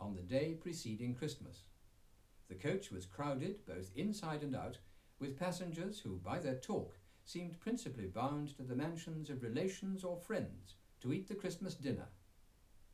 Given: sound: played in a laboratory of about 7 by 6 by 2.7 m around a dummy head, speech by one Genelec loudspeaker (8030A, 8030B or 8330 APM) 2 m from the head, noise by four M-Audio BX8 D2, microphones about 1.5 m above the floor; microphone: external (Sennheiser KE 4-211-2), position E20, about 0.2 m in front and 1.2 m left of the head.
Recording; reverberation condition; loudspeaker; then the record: male speech in English; low; 30 degrees to the right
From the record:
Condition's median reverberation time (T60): about 310 ms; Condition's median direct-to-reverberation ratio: about 3.5 dB